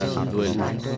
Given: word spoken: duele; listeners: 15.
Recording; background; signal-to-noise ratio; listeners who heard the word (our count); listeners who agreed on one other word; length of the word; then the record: one Spanish word in noise, from a listening test; eight-talker babble; -2.0 dB; 1 of 15; 6 of 15; 0.57 s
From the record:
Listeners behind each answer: 6, 2, 1, 1, 1, 1, 1, 1, 1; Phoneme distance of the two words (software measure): 10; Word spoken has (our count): 2 syllables, 5 phonemes, stress on syllable 1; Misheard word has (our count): 2 syllables, 5 phonemes, stress on syllable 1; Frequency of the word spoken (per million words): 13.07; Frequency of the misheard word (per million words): 15.98